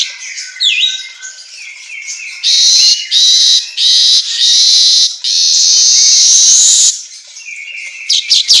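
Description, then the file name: Asian golden weaver song: harsh buzzy bursts and sizzling hiss blocks high in pitch, with thin whistled notes and chatter between. Song recording meant for training songbirds, labelled 'auto gacor'. "Suara Kicau Manyar Kepala Emas Auto Gacor"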